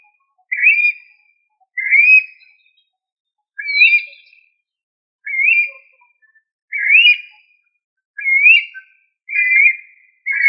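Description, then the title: Bird song of clear whistled notes, each rising then falling slightly, repeated roughly every second and a half against a silent background. "LuckyPassaro Completos2Sama"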